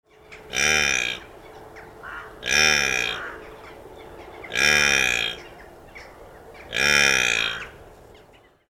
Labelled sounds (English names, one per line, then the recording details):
Blue Wildebeest
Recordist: Tembrock, Günter
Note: Rufreihe eines Männchens